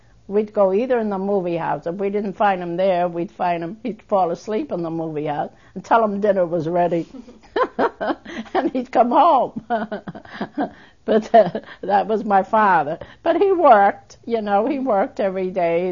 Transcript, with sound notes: We'd go either in the movie house, if we didn't find him there, we'd find him, he'd fall asleep in the movie house, and tell him dinner was ready. ( she laughs ) And he'd come home. But, that was my father. But he worked, you know, he worked every day.